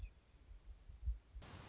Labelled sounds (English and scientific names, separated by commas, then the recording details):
Western Meadowlark (Sturnella neglecta)
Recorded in Sonoma County, California